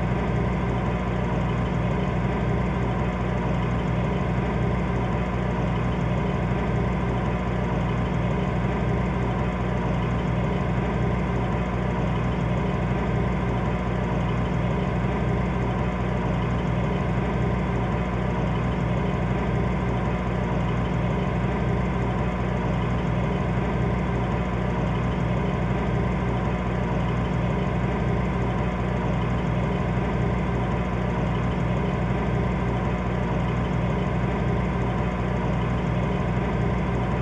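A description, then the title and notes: An air conditioner runs without pause, a steady blowing hum that never changes over the whole stretch. The sound sits mostly low and full, with a soft airy hiss above it and a faint even pulsing, like a motor idling. A mellow air conditioner blowing a steady breeze.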